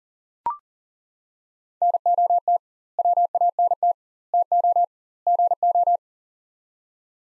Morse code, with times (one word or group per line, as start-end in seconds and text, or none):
1.8-2.6 NOT
3.0-3.9 WANT
4.3-4.8 TO
5.3-6.0 GO